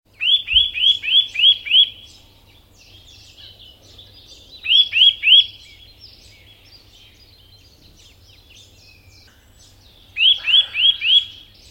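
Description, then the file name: Eurasian nuthatch calling in three bursts of a few to several quick, clear whistled notes, with soft scattered chirps between bursts. "Sitta europaea"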